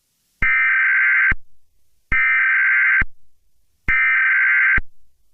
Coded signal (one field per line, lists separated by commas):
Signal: Emergency Alert System (SAME) tones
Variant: header bursts